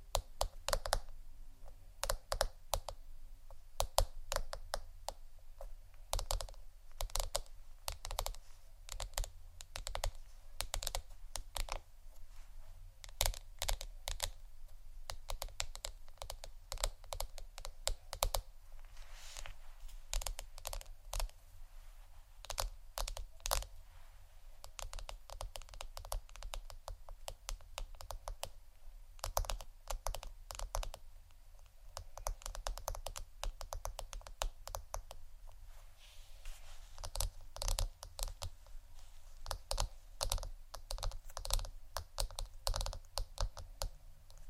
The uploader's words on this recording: ASMR Sleepy Tapping (book, Wood, Ceramic, Egg, Etc ) (No Talking).